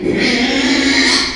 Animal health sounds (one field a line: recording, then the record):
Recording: squeal of a Yucatan mini pig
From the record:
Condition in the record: after surgery on the right vocal fold (resection and tissue-engineered implant)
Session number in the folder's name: 2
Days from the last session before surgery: 13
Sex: male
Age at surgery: 12 weeks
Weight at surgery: 13 kg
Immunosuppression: cyclosporine, prednisolone